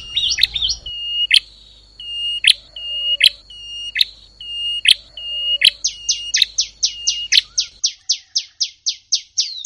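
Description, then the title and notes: Bar-winged prinia song: clear high whistled notes punctuated by sharp clicks roughly every second, then a fast string of high, rhythmic chirps. Compilation of calls used as tutor material (masteran) for training captive songbirds. "Kompilasi Suara Ciblek Prenjak Cocok Untuk Masteran. Kicau Burung Prenjak Ciblek"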